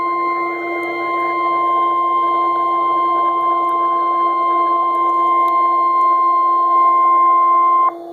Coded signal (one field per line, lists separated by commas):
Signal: Emergency Alert System (SAME) tones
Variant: 1050 Hz attention tone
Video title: Tornado Watch (EAS #428)